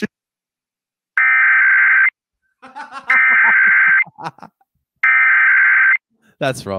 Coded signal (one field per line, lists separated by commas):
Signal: Emergency Alert System (SAME) tones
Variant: header bursts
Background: speech